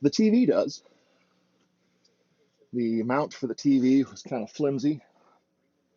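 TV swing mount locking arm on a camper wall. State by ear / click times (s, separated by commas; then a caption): not seated / none. Someone talks while handling a home-made, more rigid TV swing mount locking arm on a camper wall, built to lock in place because the original flimsy mount let the TV extend after a heavy trail. Speech fills the start and end of the clip, with a near-silent gap between them. Nothing has seated or clicked yet.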